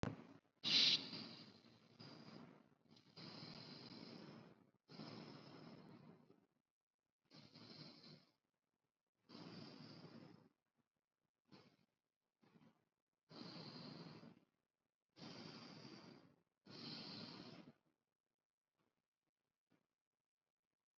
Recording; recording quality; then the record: deep breathing; moderate, slight background noise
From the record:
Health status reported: COVID-19 positive, mild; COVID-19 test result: positive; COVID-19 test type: RT-PCR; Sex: male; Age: 26 years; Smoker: no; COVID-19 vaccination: one dose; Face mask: worn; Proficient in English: yes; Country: India